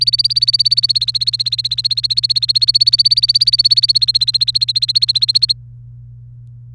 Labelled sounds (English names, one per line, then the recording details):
Domestic Canary song
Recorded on 29 April 2018 at 18:13
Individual llb3